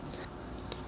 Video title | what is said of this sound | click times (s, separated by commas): Z-Edge Dual Dash Cam 4.0" Touch Screen Front and Rear Dash Cam FHD 1080P with Night | then push until it clicks into place | 0.6 s, 0.7 s